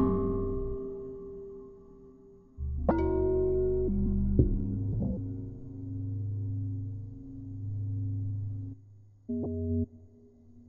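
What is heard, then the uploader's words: Metal objects are struck and left to ring, with long humming tones like a saucepan lid or bowl. A ringing note fades over the first two seconds, then a sharp strike near three seconds starts a louder drone, with smaller taps around four and five seconds and a brief bright clang near nine and a half. Individual sounds of everyday objects like saucepan lids, wine glasses, tools and implements, vessels and containers.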